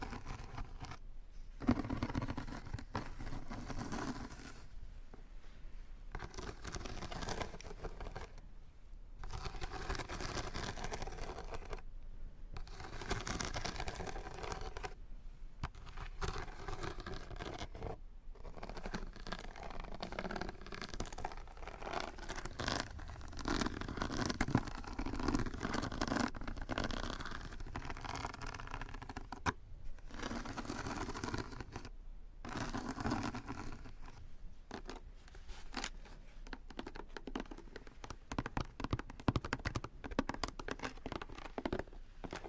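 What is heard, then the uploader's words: Headphone tapping and massage roller sounds form dense, rumbling, scraping bursts with brief silent gaps every few seconds, mixing low thuds and crackly highs. Headphone Tapping & Massage Rollers.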